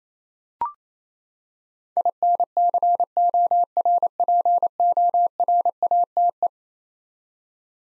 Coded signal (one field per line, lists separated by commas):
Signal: Morse code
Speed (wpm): 27 wpm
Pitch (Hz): 700 Hz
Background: none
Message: INCORPORATE